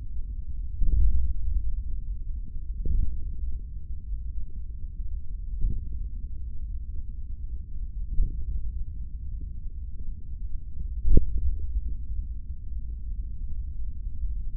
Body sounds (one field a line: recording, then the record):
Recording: forearm muscle sounds (acoustic myography)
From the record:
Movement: hand closing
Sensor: system 3, bracelet of six PUI Audio POM-2738L microphones around the upper forearm, with dedicated amplification and filtering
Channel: 1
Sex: male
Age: 25 years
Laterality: right